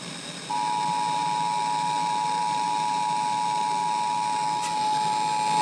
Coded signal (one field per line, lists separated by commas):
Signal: Emergency Alert System (SAME) tones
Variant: 853 and 960 Hz attention tone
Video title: EAS: IPAWS Weekly Test (1/4/21)(EAS #548)